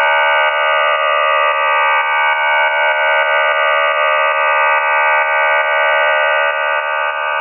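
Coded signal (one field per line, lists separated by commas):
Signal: numbers station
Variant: Q26 QPSK modem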